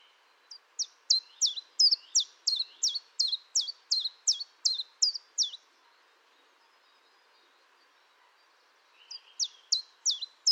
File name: Pouillot-véloce